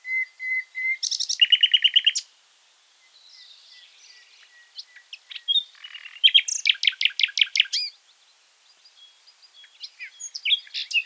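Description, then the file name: Common nightingale song: a soft whistle, then fast buzzy chattering trills, a quiet pause with faint notes, and a loud run of sharp repeated notes. "Luscinia megarhynchos"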